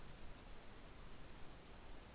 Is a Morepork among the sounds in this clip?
no